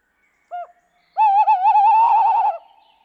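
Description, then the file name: Tawny owl hoot: a brief low note, then after a short gap a long wavering note that turns rough and vibrating toward its end. "chouette hulotte"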